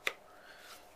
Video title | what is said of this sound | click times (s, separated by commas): Leathercraft - hot waxing, firesteels and knife choices | You can almost hear it pop like Kydex right into a slot. | 0.1 s